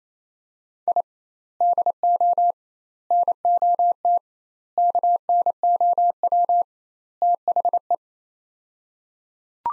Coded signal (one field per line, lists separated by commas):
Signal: Morse code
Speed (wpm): 28 wpm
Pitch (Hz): 700 Hz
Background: none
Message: I DO NOT KNOW THE